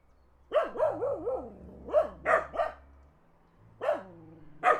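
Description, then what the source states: Dog barking, a quick run of four barks then spaced single and double barks, over a steady low engine hum. Dogs barking in the countryside while a car passes.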